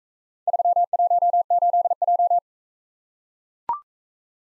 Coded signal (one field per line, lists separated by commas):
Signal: Morse code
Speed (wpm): 44 wpm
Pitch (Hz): 700 Hz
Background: none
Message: 318J